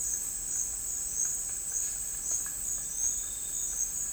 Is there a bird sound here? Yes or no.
no